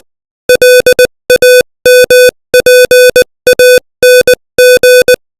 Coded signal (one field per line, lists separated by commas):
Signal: Morse code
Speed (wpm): 20 wpm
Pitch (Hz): 500 Hz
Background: music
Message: LAMPANG